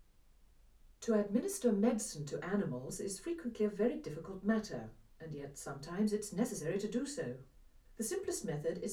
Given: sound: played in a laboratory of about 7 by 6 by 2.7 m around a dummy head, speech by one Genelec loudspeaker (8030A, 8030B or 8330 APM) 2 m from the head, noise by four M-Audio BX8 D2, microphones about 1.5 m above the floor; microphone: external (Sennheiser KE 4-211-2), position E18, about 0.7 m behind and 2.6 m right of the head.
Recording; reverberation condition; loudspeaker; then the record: female speech in English; low; 30 degrees to the left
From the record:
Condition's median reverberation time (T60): about 310 ms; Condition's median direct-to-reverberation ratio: about 3.5 dB